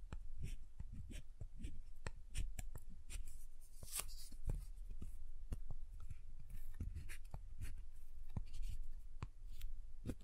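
Soap being tapped and carved, with a quick, irregular run of sharp ticks and scrapes packed closely together throughout. Soft thuds sit underneath, a brief brighter scrape stands out near the four-second mark, and the busy pace never really pauses.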